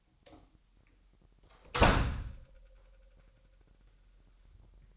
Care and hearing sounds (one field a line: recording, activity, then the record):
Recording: daily activity, microphone in the room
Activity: close door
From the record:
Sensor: 3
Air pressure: 998.3 hPa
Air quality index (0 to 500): 144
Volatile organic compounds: 5 ppm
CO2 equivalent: 1724 ppm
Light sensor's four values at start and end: 15/45/18/17 and 15/45/18/17